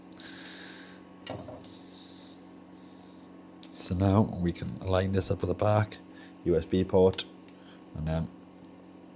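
A plastic bumper retainer piece, which holds the bumpers down, is lined up at the back USB port of an Xbox Series controller shell while someone talks. Light plastic handling taps and clicks are heard over a steady low hum. The clip ends before the piece is pushed on, so nothing has seated or clicked yet.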